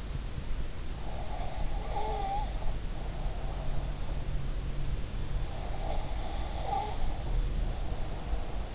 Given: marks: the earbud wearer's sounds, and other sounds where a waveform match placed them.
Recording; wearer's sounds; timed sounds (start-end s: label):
sounds in sleep by an in-ear microphone; breath
1.17-3.86 s: breath
5.63-8.75 s: breath